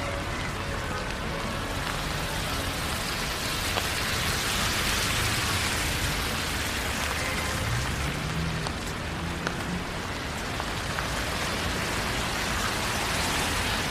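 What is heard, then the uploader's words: Rain falls steadily throughout, a dense, even hiss with a constant level and no pauses. Small pattering ticks of drops stand out now and then, and a faint low hum rises and falls briefly near the middle, possibly a passing vehicle. Long Walk In The Rain Around The Neighborhood.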